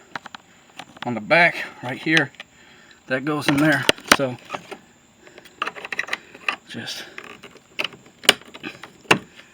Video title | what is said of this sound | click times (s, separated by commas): 2008 Mustang Door Panel Insert Replacement | there we go that just snap right in | 9.1 s